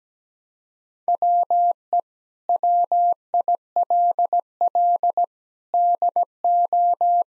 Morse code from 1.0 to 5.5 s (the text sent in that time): WE WILL